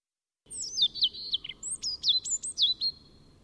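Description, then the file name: European robin song, a high rippling phrase of thin descending warbled notes, a short pause, then another quick sequence of sweet high twitters. "Erithacus rubecula"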